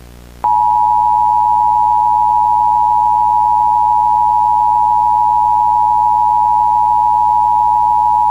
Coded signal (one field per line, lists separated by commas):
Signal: Emergency Alert System (SAME) tones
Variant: 853 and 960 Hz attention tone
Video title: EAS Mock - Nuclear Power Plant Warning